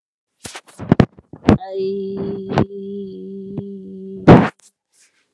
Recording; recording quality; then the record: sustained vowel as in made; poor, much background noise or distortion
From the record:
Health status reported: healthy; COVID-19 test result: negative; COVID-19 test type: RT-PCR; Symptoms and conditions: cough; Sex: female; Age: 47 years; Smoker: no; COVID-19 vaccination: both doses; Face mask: not worn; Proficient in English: yes